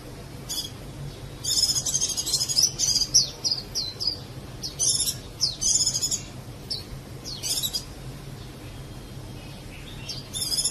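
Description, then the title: Java sparrow chirping in irregular clusters of sharp, high twittering notes, with short pauses between bursts. "kicau gelatik"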